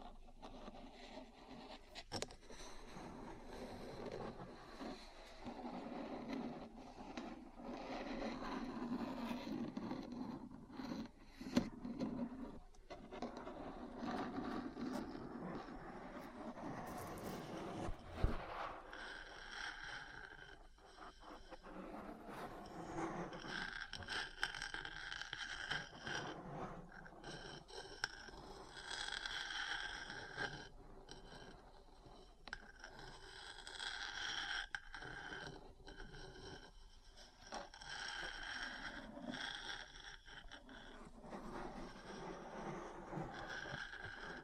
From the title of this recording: Metal Parts Tapping & Scratching